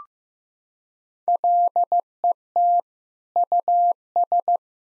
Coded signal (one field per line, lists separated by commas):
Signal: Morse code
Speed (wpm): 16 wpm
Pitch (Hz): 700 Hz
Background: none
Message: LET US